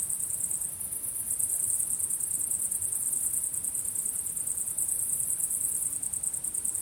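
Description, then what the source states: Cricket trill, very high and finely pulsed, running nearly continuously over a soft low background hiss. Recorded at sunset.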